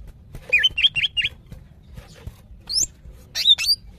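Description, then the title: Greater green leafbird calls: four quick squeaky notes in a row, then a pause and a few higher, sharper chirps near the end. Female calling a male, described as highly vocal (gacor hiper). "CUCAK IJO BETINA GACOR HIPER MEMANGGIL JANTAN"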